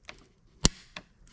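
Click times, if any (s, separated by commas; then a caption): 0.7 s. A plastic lever-lock wiring harness plug is pushed onto the engine control unit (DME) of a 2021 BMW X7 on the bench, and the lever draws the plug in. A few faint ticks come first, then a loud, sharp click at 0.6 s as the connector seats home, followed by a softer tick near 1.0 s.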